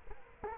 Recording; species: mosquito wingbeat signal from an infrared sensor; Culex quinquefasciatus